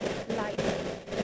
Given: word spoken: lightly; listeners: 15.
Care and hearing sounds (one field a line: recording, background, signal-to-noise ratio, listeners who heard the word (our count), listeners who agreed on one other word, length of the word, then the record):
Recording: one English word in noise, from a listening test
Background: noise modulated by three-talker babble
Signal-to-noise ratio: -6.0 dB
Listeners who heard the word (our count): 2 of 15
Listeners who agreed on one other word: 9 of 15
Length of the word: 0.84 s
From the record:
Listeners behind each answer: 9, 3, 2, 1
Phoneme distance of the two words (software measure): 14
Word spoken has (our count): 2 syllables, 5 phonemes, stress on syllable 1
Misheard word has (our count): 1 syllable, 3 phonemes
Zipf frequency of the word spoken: 3.80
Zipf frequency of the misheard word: 5.28